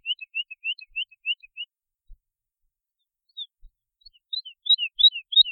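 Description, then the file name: Woodlark song with a run of soft fluty notes, a gap of near silence, then louder, quicker slurred notes rising and falling. "trädlärka"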